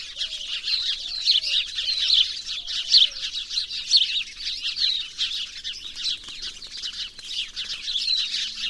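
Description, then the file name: House sparrow chirping: a dense, continuous chatter of short, bright chirps throughout, with a few low, drawn-out whistled notes near the start. "Passer domesticus"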